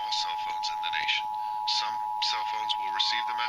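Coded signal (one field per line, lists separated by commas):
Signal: Emergency Alert System (SAME) tones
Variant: 853 and 960 Hz attention tone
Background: speech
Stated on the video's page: National Emergency Alert System and Wireless Emergency Alert test on cell phones, TV and radio.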